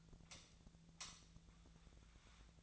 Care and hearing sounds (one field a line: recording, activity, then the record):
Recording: daily activity, microphone in the room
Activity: light off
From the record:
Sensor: 3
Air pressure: 1009.7 hPa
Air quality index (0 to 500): 190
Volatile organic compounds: 14 ppm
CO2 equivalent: 2472 ppm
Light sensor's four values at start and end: 45/118/50/51 and 38/95/41/44